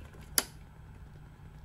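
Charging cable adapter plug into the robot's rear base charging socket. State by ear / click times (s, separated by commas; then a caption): seated / 0.4 s. A charging cable's specialized adapter plug is turned clockwise in the rear base charging socket of a Pepper robot until it twist-locks with one sharp click at 0.4 s over a low steady hum. The plug is seated and locked in place.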